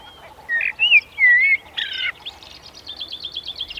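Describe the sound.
Eurasian blackbird singing a rich, mellow whistled phrase of looping notes, then a harsh burst and a thin, high twittering ending.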